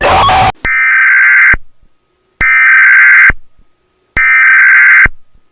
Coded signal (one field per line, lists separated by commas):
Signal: Emergency Alert System (SAME) tones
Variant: header bursts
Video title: Emergency Alert System - Diamond Attack Warning